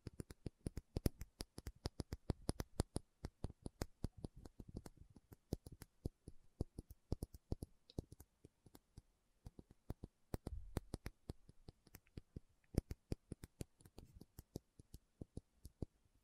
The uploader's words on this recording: ASMR 1 Hour Tapping Session (No Talking).